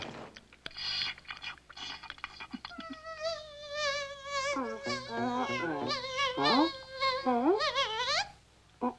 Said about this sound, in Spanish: Este zumbido significa algo. Y la única razón que existe para que zumbes así es que eres... ¡una abeja!